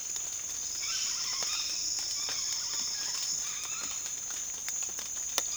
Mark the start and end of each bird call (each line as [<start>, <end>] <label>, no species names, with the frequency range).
[0.00, 3.93] bird call (0.7-5.6 kHz)